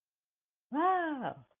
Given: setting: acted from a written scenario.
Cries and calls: vocal sound without words; positive surprise

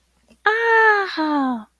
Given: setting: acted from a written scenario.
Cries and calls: vocal sound without words; positive surprise

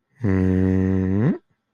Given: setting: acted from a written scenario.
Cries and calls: vocal sound without words; contempt

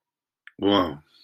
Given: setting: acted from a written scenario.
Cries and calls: vocal sound without words; desire

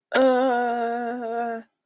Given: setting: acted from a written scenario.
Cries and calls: vocal sound without words; embarrassment

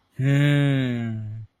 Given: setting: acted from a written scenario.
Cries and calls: vocal sound without words; interest

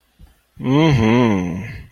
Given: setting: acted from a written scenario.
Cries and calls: vocal sound without words; contentment

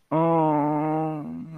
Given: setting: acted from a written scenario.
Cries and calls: vocal sound without words; sympathy

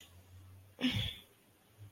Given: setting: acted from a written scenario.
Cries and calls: vocal sound without words; guilt

